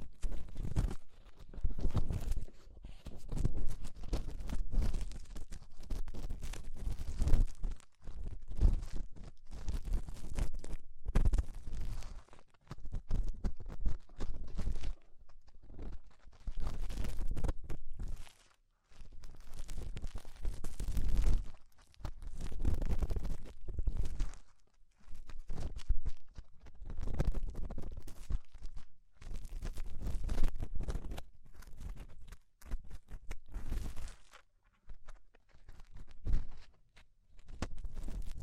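Ear cleaning sounds: dense bursts of crackly scratching and rubbing, low and bright together, with brief pauses every few seconds throughout.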